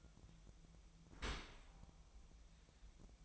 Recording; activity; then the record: daily activity, microphone in the room; open dishwasher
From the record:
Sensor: 1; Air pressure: 1004.7 hPa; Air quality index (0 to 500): 116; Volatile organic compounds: 4 ppm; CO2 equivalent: 1609 ppm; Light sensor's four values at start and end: 9/21/8/9 and 9/22/8/9